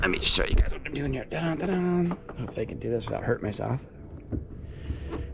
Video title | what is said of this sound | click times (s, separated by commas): The 1984 corvette gets It Hood Installed | Oops. There. It doesn't latch, but | none